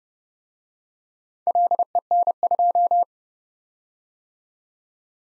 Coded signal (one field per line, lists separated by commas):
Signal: Morse code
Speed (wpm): 29 wpm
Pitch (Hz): 700 Hz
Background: none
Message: LEN2